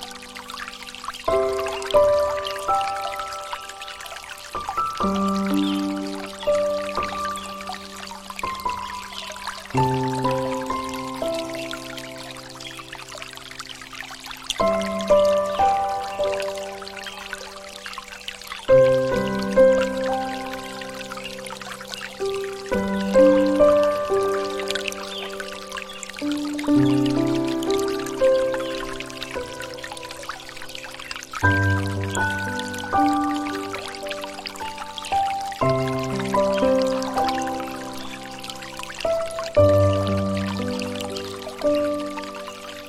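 Gentle piano chords change about every four to five seconds, each held and ringing in the low and middle range. Beneath them runs a steady, bright hiss of running water, like a stream or pouring trickle, continuous throughout.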